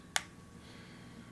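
A microSD memory card is pushed into the card slot on the bottom of a JVC GZ-HD5 camcorder, pins facing toward the hard drive. A single sharp click rings out at 0.2 s over a faint low hum, and the card is seated in the slot.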